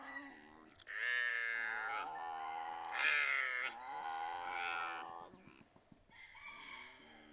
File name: binturong